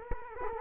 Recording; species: mosquito wingbeat signal from an infrared sensor; Culex quinquefasciatus